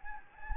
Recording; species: mosquito wingbeat signal from an infrared sensor; Anopheles gambiae